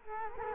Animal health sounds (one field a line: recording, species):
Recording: mosquito wingbeat signal from an infrared sensor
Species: Culex quinquefasciatus